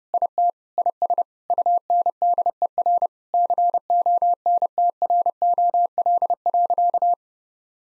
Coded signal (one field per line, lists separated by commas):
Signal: Morse code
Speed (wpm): 30 wpm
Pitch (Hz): 700 Hz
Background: none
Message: IT IS UNDER CONTROL.